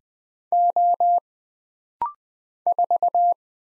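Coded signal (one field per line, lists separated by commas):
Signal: Morse code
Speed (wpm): 20 wpm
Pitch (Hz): 700 Hz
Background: none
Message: O 4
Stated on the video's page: Rapid-fire 20wpm Morse drill of single letters and numbers, each character sent twice, for instant character recognition.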